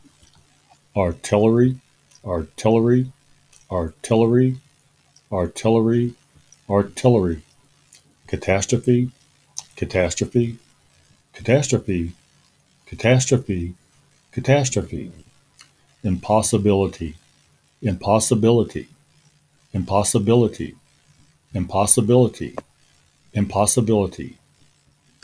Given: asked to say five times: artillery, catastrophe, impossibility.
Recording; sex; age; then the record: three words, each repeated; male; 70 to 79 years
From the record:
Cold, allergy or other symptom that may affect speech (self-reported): no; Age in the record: 70 years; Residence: Indiana, United States